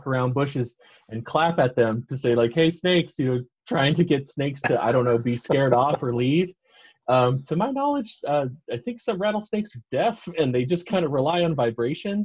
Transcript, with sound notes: walk around bushes and clap at them to say like, “Hey snakes.” You know trying to get snakes to, I don’t know, be scared off or leave. [laughter] To my knowledge, I think some rattlesnakes are deaf and they just kind of rely on vibration.